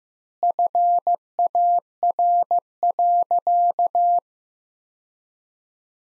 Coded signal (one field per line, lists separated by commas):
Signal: Morse code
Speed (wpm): 15 wpm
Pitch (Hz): 700 Hz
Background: none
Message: FAR.